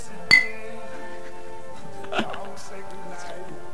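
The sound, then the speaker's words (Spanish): Champagne glasses clink sharply in a toast, leaving a bright, sustained ringing tone, followed by a softer second clink, with people talking quietly underneath. “Qué bien, cómo se escucha el brindis.”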